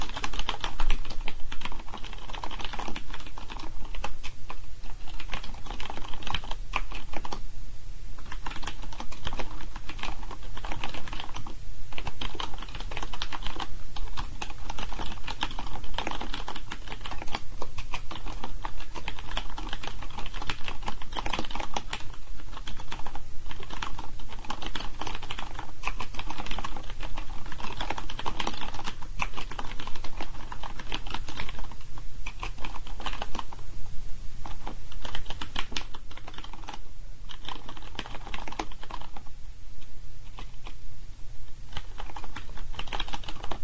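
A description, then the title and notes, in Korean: Keyboard typing runs steadily for the whole clip, a dense patter of light clicky keystrokes with a lively, even rhythm. Brief pauses break the flow around 8, 12 and 35–42 seconds. A low steady hum sits underneath. 키보드 소리. 시끄럽지 않고 정감이 갑니다. 타닥타닥, 키보듸의 정감있는 리듬감.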